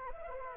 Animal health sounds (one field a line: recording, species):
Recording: mosquito wingbeat signal from an infrared sensor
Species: Anopheles arabiensis